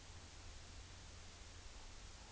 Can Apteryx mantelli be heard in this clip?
no